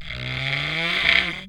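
Cattle moo: one low, nasal call lasting about a second and a half, its droning pitch climbing slowly and steadily to the end.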